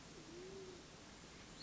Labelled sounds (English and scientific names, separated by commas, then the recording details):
Band-tailed Pigeon (Patagioenas fasciata)
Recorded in Sonoma County, California